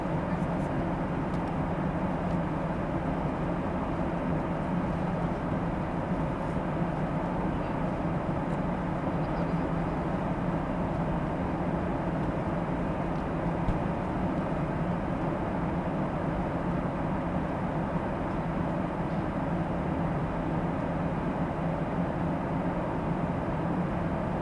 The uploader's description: the sounds of a flight from San Francisco International Airport to Phoenix Sky Harbor International Airport